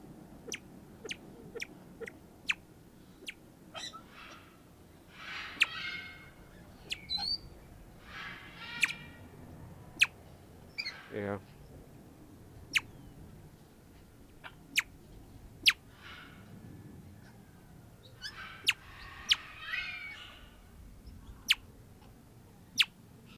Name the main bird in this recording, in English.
Crested Fireback